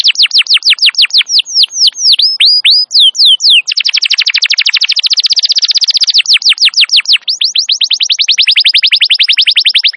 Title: Pikat Kenari GACOR PANJANG INI Cocok Untuk Masteran KENARI LIAR